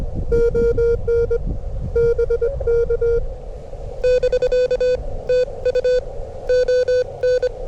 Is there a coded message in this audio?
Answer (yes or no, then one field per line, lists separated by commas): yes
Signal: Morse code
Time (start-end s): 0.3-7.5 s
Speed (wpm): 24 wpm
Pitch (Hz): 500 Hz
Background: none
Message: ON BK <BK> TU ON